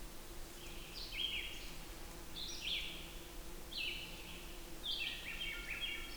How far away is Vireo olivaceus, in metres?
about 70 m